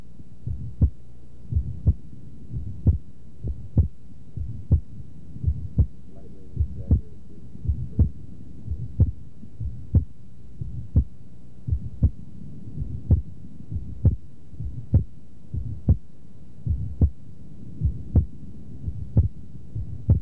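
Adult heart heard with the stethoscope diaphragm at the upper left sternal border: the second heart sound splits after inspiration and returns to a single sound on expiration, normal physiologic splitting of S2. With normal pulmonary artery pressures, the pulmonary valve closure sound is slightly softer than the aortic valve closure sound.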